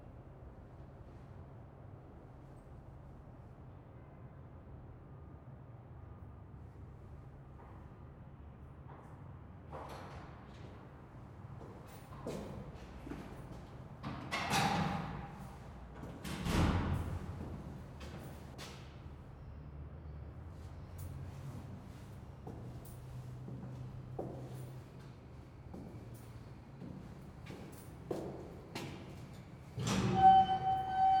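Ambience in a stairway near an elevator: a steady low hum runs throughout, with scattered knocks, clunks and footstep-like thuds starting around ten seconds and clustering near fifteen to seventeen seconds. A louder clatter and a brief tone arrive at the very end.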